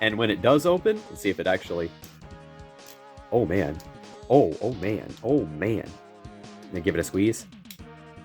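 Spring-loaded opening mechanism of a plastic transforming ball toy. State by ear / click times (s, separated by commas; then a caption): partly seated / 7.7 s. Someone talks while squeezing a plastic Bakugan Evolutions Diamond Eenoch transforming ball toy, whose stiff joints keep its spring-loaded opening mechanism from working. A short click is heard at 7.7 s, but the toy fails to spring open properly and is judged defective because its joints are too stiff.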